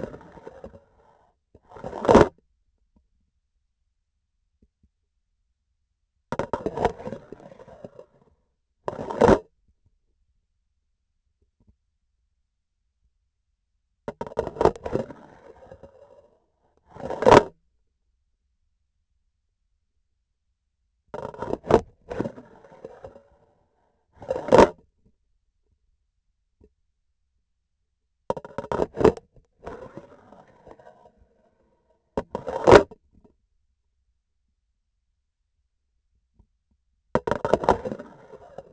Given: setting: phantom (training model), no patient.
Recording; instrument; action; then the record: laparoscopic instrument, vibration sensor on the handle end; grasping forceps; insertion and removal through the trocar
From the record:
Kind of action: spatial motion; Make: other than Olympus